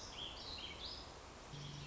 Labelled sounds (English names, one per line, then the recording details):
Warbling Vireo
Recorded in Sonoma County, California